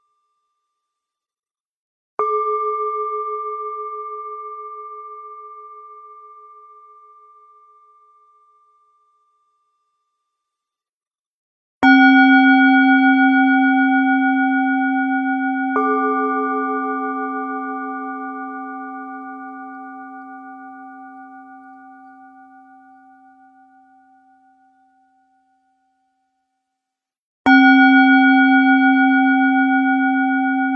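A singing bowl is struck four times, near 2, 12, 16 and 27 seconds, each ring humming low and bright then fading slowly into silence.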